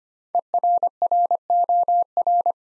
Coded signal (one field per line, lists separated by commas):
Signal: Morse code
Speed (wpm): 25 wpm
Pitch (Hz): 700 Hz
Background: none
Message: ERROR